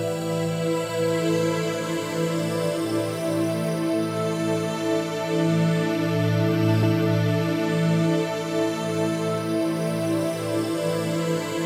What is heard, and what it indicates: Sound oasis tinnitus therapy. 1k 10k drthompson.